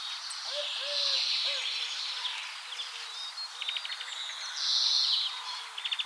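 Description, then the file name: European greenfinch, a nasal wheeze early on, then a short rattling trill, a second wheeze and another trill; low, soft hooting notes at the start. "Chloris chloris"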